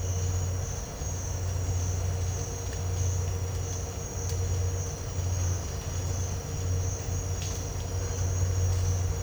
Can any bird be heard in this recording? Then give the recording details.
no. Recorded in dense forest near Puerto Asís, Putumayo, Colombia, on 19 March 2025 at 07:30. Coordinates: 0.468, -76.322. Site GP01